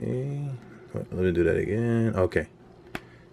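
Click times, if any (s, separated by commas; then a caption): 2.9 s. Someone talks while an armor piece is pushed onto the peg of a limb on a Jada Toys Metals Die Cast 6-inch Armored Batman action figure for a second try. At 3.0 s the piece seats with a single sharp snap.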